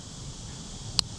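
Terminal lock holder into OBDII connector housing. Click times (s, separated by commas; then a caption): 1.0 s. After the terminals are pushed into an OBDII connector housing, part of fitting Dakota Digital gauges to a 1957 International with a 12-valve Cummins, the plastic terminal-lock holder is pressed back into the housing. Over a steady low background hiss, a single sharp, bright click sounds at 1.0 s. The holder clicks in and is seated.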